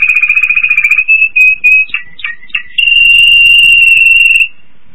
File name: Golosa ptic - Ispanskaya pevchaya kanarejka Timbrados Spanich Timbrado Canary